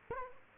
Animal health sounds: mosquito wingbeat signal from an infrared sensor; Culex quinquefasciatus

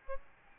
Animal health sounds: mosquito wingbeat signal from an infrared sensor; Aedes albopictus

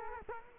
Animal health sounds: mosquito wingbeat signal from an infrared sensor; Culex quinquefasciatus

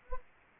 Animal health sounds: mosquito wingbeat signal from an infrared sensor; Culex quinquefasciatus

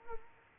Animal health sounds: mosquito wingbeat signal from an infrared sensor; Culex quinquefasciatus

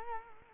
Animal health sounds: mosquito wingbeat signal from an infrared sensor; Culex quinquefasciatus

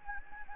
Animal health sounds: mosquito wingbeat signal from an infrared sensor; Anopheles gambiae

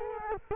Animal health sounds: mosquito wingbeat signal from an infrared sensor; Culex quinquefasciatus

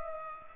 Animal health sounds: mosquito wingbeat signal from an infrared sensor; Culex pipiens

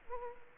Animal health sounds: mosquito wingbeat signal from an infrared sensor; Culex quinquefasciatus

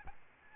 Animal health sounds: mosquito wingbeat signal from an infrared sensor; Aedes albopictus

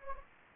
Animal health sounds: mosquito wingbeat signal from an infrared sensor; Anopheles gambiae

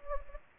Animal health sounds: mosquito wingbeat signal from an infrared sensor; Anopheles gambiae

